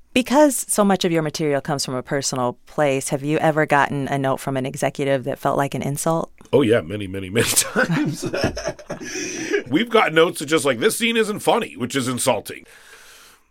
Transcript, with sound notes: Well, because so much of your material comes from a personal place, have you ever gotten a note from an executive that felt like an insult?
Oh, yeah, many, many, many times (laughter). We've gotten notes that are just like, this scene isn't funny, which is insulting.